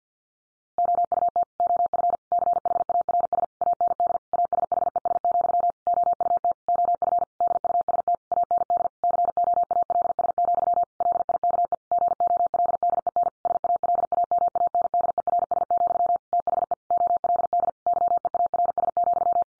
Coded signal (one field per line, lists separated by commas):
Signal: Morse code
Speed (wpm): 50 wpm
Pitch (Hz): 700 Hz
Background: none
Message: OUT OF CHARS AND ASHES, OUT OF DUST AND COALS, LIKE GOLDEN SALAMANDERS, THE OLD YEARS,